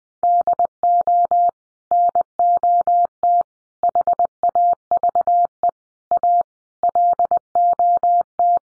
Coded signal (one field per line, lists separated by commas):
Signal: Morse code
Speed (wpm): 20 wpm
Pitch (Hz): 700 Hz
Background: none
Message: DO NOT HAVE A LOT